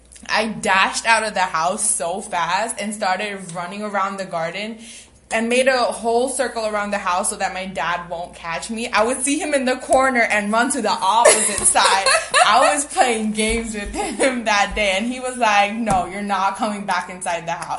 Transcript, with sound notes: I dashed out of the house so fast and started running around the garden, and made a whole circle around the house so that my dad won't catch me, I would see him in the corner and run to the opposite side. [laugh] I was playing games with him that day. And he was like, No, you're not coming back inside the house.